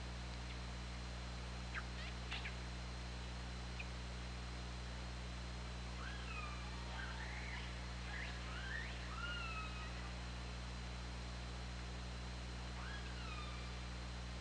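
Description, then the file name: Killer whale calls: a few clicks early, then a run of curving harmonic squeals and downslurred whistles, over continuous low hum. Underwater hydrophone at OrcaLab, 24 August 2017, 20:45:57. "Orca Lab UTLN 20170824 204557"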